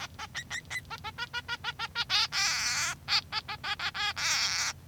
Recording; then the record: song of a male Bengalese finch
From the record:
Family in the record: son of father 3